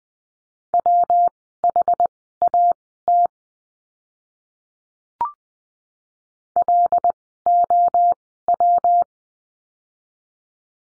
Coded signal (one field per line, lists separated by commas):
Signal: Morse code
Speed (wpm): 20 wpm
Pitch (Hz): 700 Hz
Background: none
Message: WHAT LOW